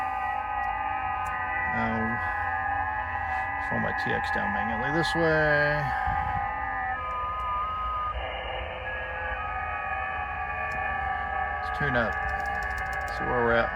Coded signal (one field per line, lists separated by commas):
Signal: FT8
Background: speech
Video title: KB9SNL's First POTA Activation! US-8376 Twelve Mile Swamp Conservation Area